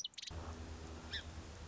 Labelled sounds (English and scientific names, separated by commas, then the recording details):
Song Sparrow (Melospiza melodia)
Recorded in Sonoma County, California